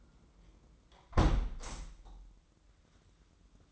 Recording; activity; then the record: daily activity, microphone in the room; close window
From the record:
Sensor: 3